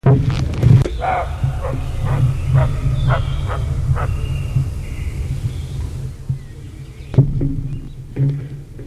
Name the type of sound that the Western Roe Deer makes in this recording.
barking